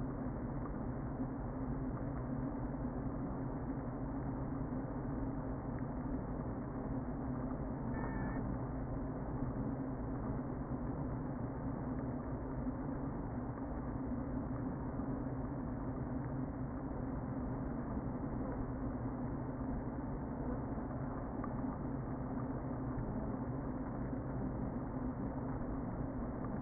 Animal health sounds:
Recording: honeybee colony, microphone inside the hive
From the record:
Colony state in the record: queen present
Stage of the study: before two queens were removed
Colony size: about 60,000 bees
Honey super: yes

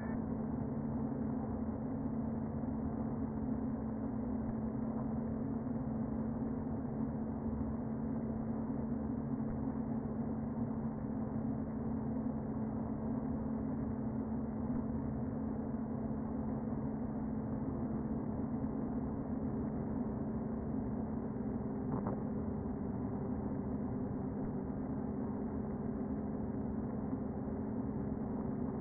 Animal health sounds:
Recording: honeybee colony, microphone inside the hive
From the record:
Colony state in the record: queen present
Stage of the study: before two queens were removed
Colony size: about 60,000 bees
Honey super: yes

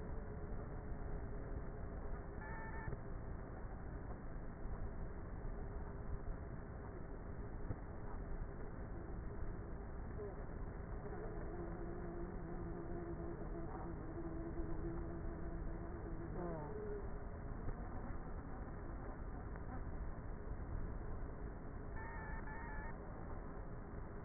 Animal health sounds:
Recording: honeybee colony, microphone inside the hive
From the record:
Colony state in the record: queenless with a low population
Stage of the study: before two queens were removed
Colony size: about 30,000 bees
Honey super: no

